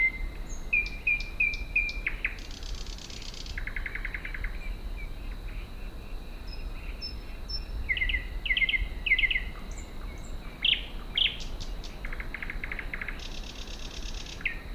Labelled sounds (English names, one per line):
Thrush Nightingale song